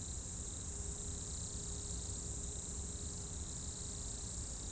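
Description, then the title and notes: High insect chorus sustained throughout, with a gently throbbing lower band and a faint steady hum against low rumble. Insects in a roadside bank and trees at dusk, first hairpin bend of the Col du Chat road, Bourdeau, France; Tascam DAP1 DAT recorder, from a CD-R burned in 2006. "route col du Chat, Bourdeau, France - Tutti insectes. Dans la première épingle de la route du col du Chat à Bourdeau, insectes dans le talus et les arbres au crépuscule"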